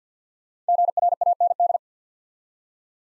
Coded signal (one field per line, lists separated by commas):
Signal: Morse code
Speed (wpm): 50 wpm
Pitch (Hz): 700 Hz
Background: none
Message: GRAND